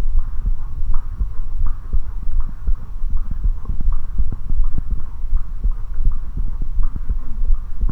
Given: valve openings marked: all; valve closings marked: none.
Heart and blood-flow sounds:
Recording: heart sounds by stethoscope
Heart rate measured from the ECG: 82 bpm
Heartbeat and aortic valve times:
0.16 s: heartbeat (ECG mark)
0.20 s: aortic valve opens (echo mark)
0.91 s: heartbeat (ECG mark)
0.95 s: aortic valve opens (echo mark)
1.63 s: heartbeat (ECG mark)
1.67 s: aortic valve opens (echo mark)
2.37 s: heartbeat (ECG mark)
2.42 s: aortic valve opens (echo mark)
3.14 s: heartbeat (ECG mark)
3.19 s: aortic valve opens (echo mark)
3.89 s: heartbeat (ECG mark)
3.94 s: aortic valve opens (echo mark)
4.61 s: heartbeat (ECG mark)
4.66 s: aortic valve opens (echo mark)
5.34 s: heartbeat (ECG mark)
5.39 s: aortic valve opens (echo mark)
6.08 s: heartbeat (ECG mark)
6.14 s: aortic valve opens (echo mark)
6.80 s: heartbeat (ECG mark)
6.85 s: aortic valve opens (echo mark)
7.51 s: heartbeat (ECG mark)
7.57 s: aortic valve opens (echo mark)
From the record:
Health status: healthy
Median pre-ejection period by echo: 48 ms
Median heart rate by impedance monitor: 82 bpm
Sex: female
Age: 19 years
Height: 155 cm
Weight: 52 kg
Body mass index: 21.63

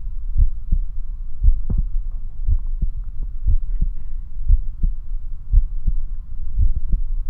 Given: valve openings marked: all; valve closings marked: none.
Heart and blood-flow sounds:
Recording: heart sounds by stethoscope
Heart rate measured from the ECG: 58 bpm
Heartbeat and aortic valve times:
0.40 s: heartbeat (ECG mark)
0.48 s: aortic valve opens (echo mark)
1.45 s: heartbeat (ECG mark)
1.51 s: aortic valve opens (echo mark)
2.50 s: heartbeat (ECG mark)
2.53 s: aortic valve opens (echo mark)
3.49 s: heartbeat (ECG mark)
3.55 s: aortic valve opens (echo mark)
4.50 s: heartbeat (ECG mark)
4.55 s: aortic valve opens (echo mark)
5.54 s: heartbeat (ECG mark)
5.61 s: aortic valve opens (echo mark)
6.60 s: heartbeat (ECG mark)
6.65 s: aortic valve opens (echo mark)
From the record:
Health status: healthy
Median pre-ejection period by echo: 56 ms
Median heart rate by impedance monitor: 57 bpm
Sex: male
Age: 21 years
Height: 174 cm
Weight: 70 kg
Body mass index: 23.12

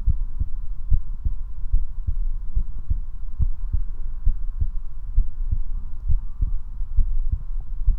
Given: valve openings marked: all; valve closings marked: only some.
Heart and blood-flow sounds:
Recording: heart sounds by stethoscope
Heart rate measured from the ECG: 69 bpm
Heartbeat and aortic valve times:
0.09 s: heartbeat (ECG mark)
0.14 s: aortic valve opens (echo mark)
0.42 s: aortic valve closes (echo mark)
0.93 s: heartbeat (ECG mark)
0.97 s: aortic valve opens (echo mark)
1.26 s: aortic valve closes (echo mark)
1.76 s: heartbeat (ECG mark)
1.80 s: aortic valve opens (echo mark)
2.10 s: aortic valve closes (echo mark)
2.59 s: heartbeat (ECG mark)
2.62 s: aortic valve opens (echo mark)
2.89 s: aortic valve closes (echo mark)
3.42 s: heartbeat (ECG mark)
3.47 s: aortic valve opens (echo mark)
3.74 s: aortic valve closes (echo mark)
4.29 s: heartbeat (ECG mark)
4.32 s: aortic valve opens (echo mark)
4.62 s: aortic valve closes (echo mark)
5.20 s: heartbeat (ECG mark)
5.23 s: aortic valve opens (echo mark)
5.53 s: aortic valve closes (echo mark)
6.11 s: heartbeat (ECG mark)
6.16 s: aortic valve opens (echo mark)
6.42 s: aortic valve closes (echo mark)
7.00 s: heartbeat (ECG mark)
7.03 s: aortic valve opens (echo mark)
7.90 s: heartbeat (ECG mark)
7.93 s: aortic valve opens (echo mark)
From the record:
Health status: healthy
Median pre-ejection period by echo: 38 ms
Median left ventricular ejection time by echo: 284 ms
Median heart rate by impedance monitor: 69 bpm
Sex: male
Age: 19 years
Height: 179 cm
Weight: 78 kg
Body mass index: 24.34

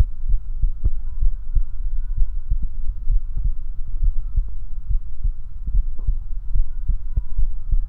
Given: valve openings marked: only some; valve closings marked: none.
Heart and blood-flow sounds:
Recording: heart sounds by stethoscope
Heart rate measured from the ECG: 68 bpm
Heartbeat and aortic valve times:
0.31 s: heartbeat (ECG mark)
1.24 s: heartbeat (ECG mark)
2.19 s: heartbeat (ECG mark)
2.25 s: aortic valve opens (echo mark)
3.13 s: heartbeat (ECG mark)
4.05 s: heartbeat (ECG mark)
4.12 s: aortic valve opens (echo mark)
4.92 s: heartbeat (ECG mark)
4.99 s: aortic valve opens (echo mark)
5.76 s: heartbeat (ECG mark)
6.57 s: heartbeat (ECG mark)
6.64 s: aortic valve opens (echo mark)
7.40 s: heartbeat (ECG mark)
7.47 s: aortic valve opens (echo mark)
From the record:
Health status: healthy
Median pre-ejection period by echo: 68 ms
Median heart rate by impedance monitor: 69 bpm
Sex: male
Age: 21 years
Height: 170 cm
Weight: 85 kg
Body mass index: 29.41

